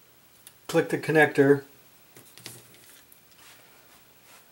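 A small flex cable connector is pressed back onto its board socket inside a Nexus 4 phone during a USB port repair, and it seats with a single sharp tick at 0.5 s. Someone then talks briefly, followed by a few faint ticks and handling sounds around 2.2–3.1 s.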